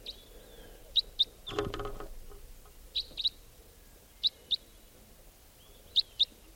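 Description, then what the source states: White-winged crossbill calls: short chirps in pairs, roughly every one to two seconds, with a brief burst of rustling noise near the start. Wild bird recorded at 6:25 a.m.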